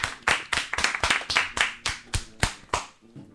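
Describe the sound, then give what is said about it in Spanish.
Applause for a guest introduced on a program: about a dozen crisp, sharp claps in a steady, fairly quick rhythm, loud and clear with no talking, trailing off at the end. “Aplausos para ella, por favor.”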